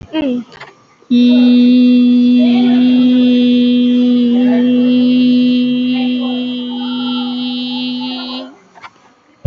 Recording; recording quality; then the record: sustained vowel as in beet; excellent, no background noise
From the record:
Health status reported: COVID-19 positive, mild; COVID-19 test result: positive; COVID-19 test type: RT-PCR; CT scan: not taken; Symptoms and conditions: cold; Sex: female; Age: 65 years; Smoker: no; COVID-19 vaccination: both doses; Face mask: worn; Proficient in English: yes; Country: India